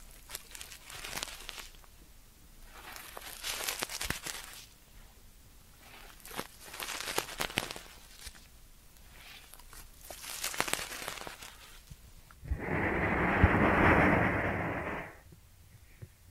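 Ear cleaning triggers: soft bursts of crinkling and rustling return about every three seconds, then a dense, louder scratching patch from 12.5 to 15 seconds.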